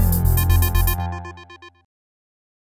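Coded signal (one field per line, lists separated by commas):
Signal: none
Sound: outro music jingle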